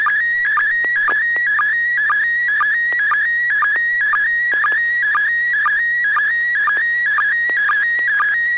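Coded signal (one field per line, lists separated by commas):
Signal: SSTV (slow-scan television)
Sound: warbling, buzzy tone shifting in pitch, with a short low sync blip about twice a second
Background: low hum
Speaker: looks like some neighbor or Neil has a really really fancy uh Halloween set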